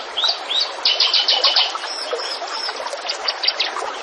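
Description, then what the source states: Zebra finch giving a quick series of repeated buzzy notes, followed by busy twittering and scattered high chirps. Master recording for training cage birds; bird singing actively and persistently (gacor).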